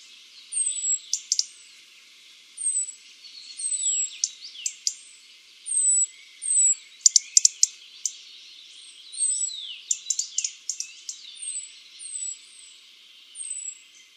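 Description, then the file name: European robin song: thin, high whistled notes that slide slightly downward, repeated among bursts of quick ticking and tumbling twittery phrases. "Erithacus rubecula"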